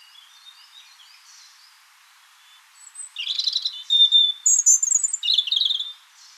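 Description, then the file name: European robin song: faint high notes at first, then a rich burst of thin whistles, trills and scratchy warbled notes in the second half. "Erithacus rubecula"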